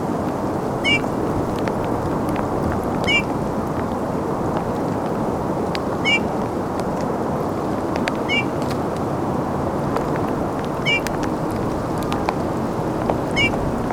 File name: Pyrrhula pyrrhula